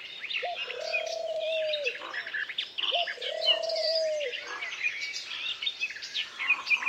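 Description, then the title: Birds chirping and twittering in a busy chorus, with two long, level, low whistled notes underneath. Many birds singing together in a forest. "Звуки птиц в лесу. pleasant carefree many-voiced singing of birds in the forest"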